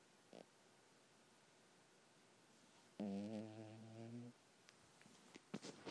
Cat snoring.